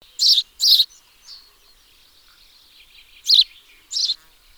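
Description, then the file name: House sparrow chirping, a quick pair of loud chirps, a long gap with soft background twitters, then two further chirps. Recorded 15 November 2015. "Passer domesticus 151115"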